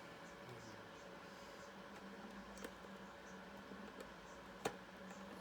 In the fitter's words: that just popped into place pretty easy.